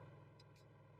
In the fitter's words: when you push it in you'll hear the snap that's